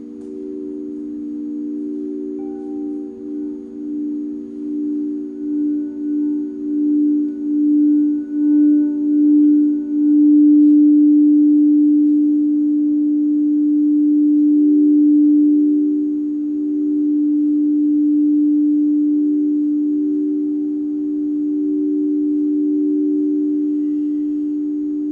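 A sound bath of low, sustained singing-bowl tones that pulse and beat slowly in the first ten seconds, then settle into a smooth, steady hum.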